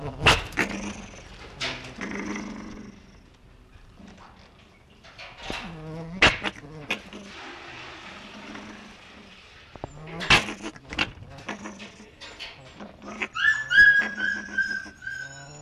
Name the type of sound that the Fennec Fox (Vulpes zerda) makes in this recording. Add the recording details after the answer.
call. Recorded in captivity. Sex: male. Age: adult. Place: Tierpark Berlin, Berlin, DE. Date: 1965-11-06 12:00. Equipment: Uher 4200 Report Monitor, Sennheiser MD 421, Transistorverstärker 2. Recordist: Tembrock, Günter